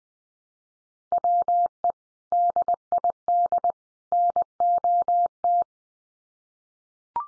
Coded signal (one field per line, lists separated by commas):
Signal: Morse code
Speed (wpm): 20 wpm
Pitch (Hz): 700 Hz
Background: none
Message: WE DID NOT